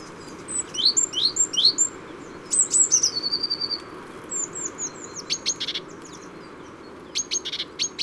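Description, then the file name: Tit calling busily with high rising chirps, a thin drawn-out note and clusters of sharp clicks, several bursts spread throughout. Tit at a feeder, Les Ollières-sur-Eyrieux, Ardèche. "Mesange-a-la-mangeoire-les-Ollieres-sur-Eyrieux-Ambiances-Sonores-d Ardeche-Studio-Les-Trois-Becs"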